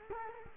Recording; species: mosquito wingbeat signal from an infrared sensor; Culex quinquefasciatus